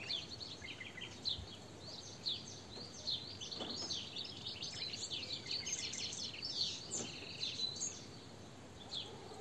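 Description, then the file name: European goldfinch calls: a busy stream of high, liquid twitters and short buzzes, against a steady hiss. "Carduelis carduelis"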